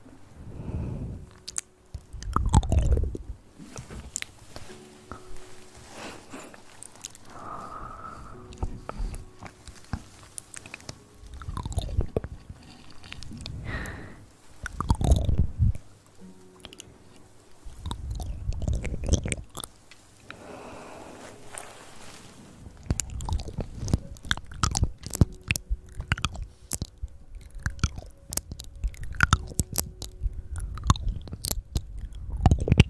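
Wet mouth sounds with chewing and crunching, coming in irregular bursts with short quiet gaps between them. Low, heavy thumps land near 2, 15 and 19 seconds, and from about 23 seconds on the clicking and smacking grows denser and nearly continuous.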